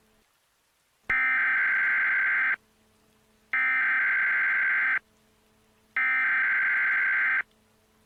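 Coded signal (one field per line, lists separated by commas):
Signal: Emergency Alert System (SAME) tones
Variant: header bursts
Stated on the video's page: Fictional EAS scenario recreation, not a real alert.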